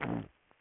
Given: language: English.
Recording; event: throat vibration sensor signal played as sound; throat clearing